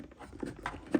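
Door mirror glass for a VW Touareg 7P is handled against the heated backing plate in the mirror housing, where its plastic retaining clips will later be pressed in. A few soft handling knocks are heard, the loudest near 0.7 s and 0.9 s, over a low background. Nothing has seated or clicked yet.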